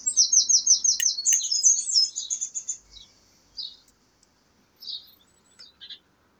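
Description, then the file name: Eurasian wren song: a fast, high rattling trill and twittering phrase, followed by a few isolated sharp chips. "Troglodytes troglodytes"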